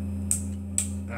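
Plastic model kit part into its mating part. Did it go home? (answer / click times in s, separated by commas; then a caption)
yes / 0.3 s, 0.8 s. A plastic part from a plastic model kit is pressed into its mating part during a build, giving two sharp clicks at 0.3 s and 0.8 s over a steady low hum. The part snaps into place and is seated.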